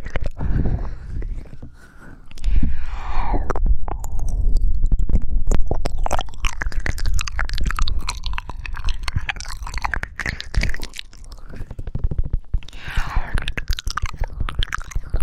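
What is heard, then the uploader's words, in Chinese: Wet mouth sounds as a tongue moves around the mouth, full of dense clicks, smacks and slurping squelches that never stop. The texture stays busy throughout, with a softer dip near the two-second mark and occasional breathy, whisper-like swells. 舌头在口腔和耳边蠕动~口腔音。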